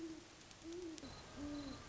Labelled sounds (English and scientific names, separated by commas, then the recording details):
Great Horned Owl (Bubo virginianus)
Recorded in Sonoma County, California